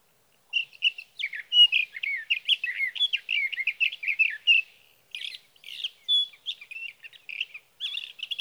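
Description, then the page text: Sage thrasher singing a long rapid warble of varied chattering and whistled notes, a brief break near five seconds, then more phrases, with nothing else audible. Male singing near his night roost through the night, June 12 to 15, 2018, Sierra Valley, California; recorded with a Swift recorder. "61. Sage thrasher songs, through the night. For three nights, from the evening of June 12 to the morning of June 15, 2018, in Sierra Valley, California"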